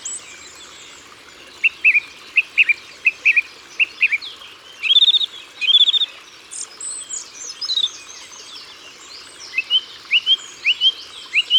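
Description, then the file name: Song thrush song: repeated clear whistled notes, a loud doubled flourish midway, then more repeated phrases. Ardèche, France. "Grive-Musicienne-Concerts-Naturels-De-l Ardeche"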